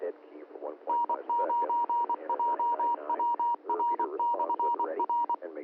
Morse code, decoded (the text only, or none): N9JWR/R